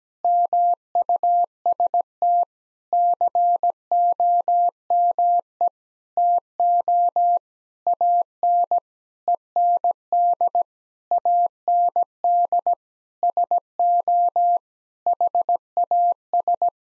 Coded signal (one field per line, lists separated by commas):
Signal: Morse code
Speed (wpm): 17 wpm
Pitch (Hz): 700 Hz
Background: none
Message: MUST COME TO AN END AND SO HAS